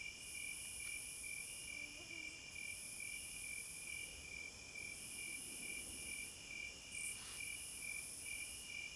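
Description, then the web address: Crickets chirping continuously, a high shimmering band pulsing roughly every two seconds over a steady trill, with a brief sharp click near the end. Forest at night. "Nature Sounds In HD Sounds of Nature Hypnotizing Forest- Wolves, Crickets, Owls and Singing Birds Midnight Concert"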